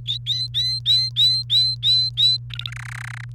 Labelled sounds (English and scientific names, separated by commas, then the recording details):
Domestic Canary (Serinus canaria) song
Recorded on 29 April 2018 at 07:57
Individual llb3